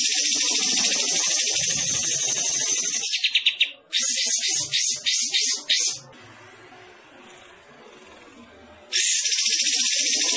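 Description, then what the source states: Bulbul song: a long, dense, scratchy high chatter, then a quick run of pulsed notes and several buzzy bursts, a three-second pause, then the chatter resumes. Described as gacor, singing actively.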